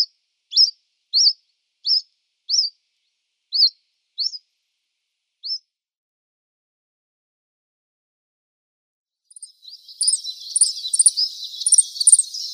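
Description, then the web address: Common chiffchaff calls: a series of seven thin, rising notes given roughly every half second to second, then after a pause a burst of busier high twittering near the end. "Schulze Peter Common Chiffchaff calls"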